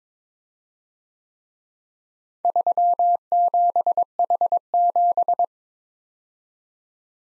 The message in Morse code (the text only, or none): 37H7